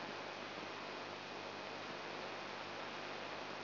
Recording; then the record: brain microelectrode recording played as sound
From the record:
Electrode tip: outside the subthalamic nucleus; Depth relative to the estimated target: 3 mm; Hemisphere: right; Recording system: AlphaMap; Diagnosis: Parkinson's disease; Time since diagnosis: 9 years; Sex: male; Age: 58 years